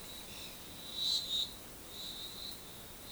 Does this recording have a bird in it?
no